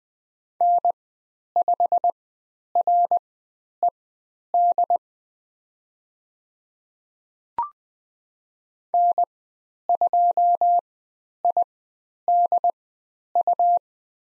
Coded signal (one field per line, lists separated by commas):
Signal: Morse code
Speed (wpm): 20 wpm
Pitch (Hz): 700 Hz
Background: none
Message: N5RED N2IDU